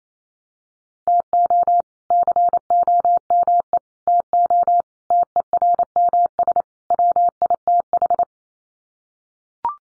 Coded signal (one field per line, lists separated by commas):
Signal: Morse code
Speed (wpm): 28 wpm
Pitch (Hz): 700 Hz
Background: none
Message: TO COME TO TERMS WITH